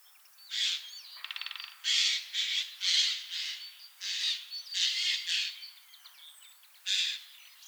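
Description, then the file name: Eurasian jay giving harsh, rasping screeches in short bursts, with a brief rattling note early on. "Garrulus glandarius"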